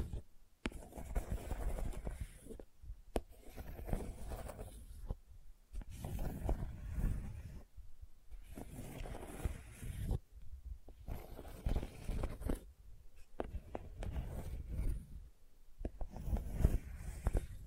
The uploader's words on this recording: ASMR Gentle Scratching You Will Fall Asleep To (No Talking).